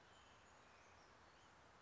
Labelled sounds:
Brown Creeper (Certhia americana)
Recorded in Sonoma County, California

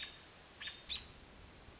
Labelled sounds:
American Robin (Turdus migratorius)
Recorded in Sonoma County, California

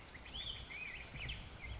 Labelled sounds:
Black-headed Grosbeak (Pheucticus melanocephalus)
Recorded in Sonoma County, California

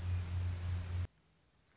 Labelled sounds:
Orange-crowned Warbler (Leiothlypis celata)
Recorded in Sonoma County, California

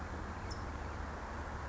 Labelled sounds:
California Towhee (Melozone crissalis)
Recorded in Sonoma County, California

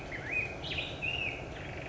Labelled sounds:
Black-headed Grosbeak (Pheucticus melanocephalus)
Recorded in Sonoma County, California

